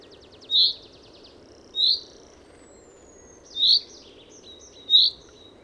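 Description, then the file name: Common chaffinch calls: short high bright notes given singly at irregular intervals of one to two seconds, over a steady low background hum. "Fringilla coelebs"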